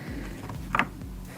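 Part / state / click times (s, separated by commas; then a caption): wiring harness connector into headlight assembly / seated / 0.8 s. A plastic wiring harness connector is pushed onto the headlight socket of a 2011–2016 Hyundai Elantra headlight assembly during a front turn signal bulb replacement. A sharp click sounds at 0.8 s over a low steady hum, and the connector is seated.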